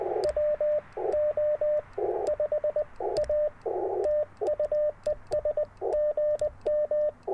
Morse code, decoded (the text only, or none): WO5A TU ES GM